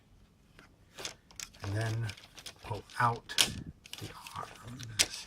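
A plastic limb or panel is pulled out of the body joint of a Generation Toy Green Shadow B mixing truck robot (Mixmaster) during transformation. Someone talks over faint plastic handling taps and ticks. The part has not snapped into place yet, and nothing has seated.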